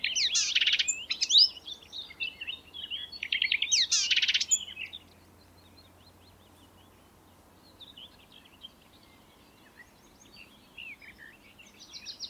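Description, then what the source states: Marsh warbler with two loud buzzy bursts among chattering notes, followed by a long quiet stretch with faint scattered twitters. Song, May 2020.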